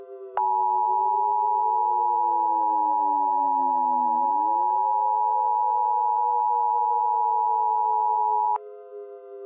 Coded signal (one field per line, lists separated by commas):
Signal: Emergency Alert System (SAME) tones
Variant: 853 and 960 Hz attention tone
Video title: EAS Mock - Solution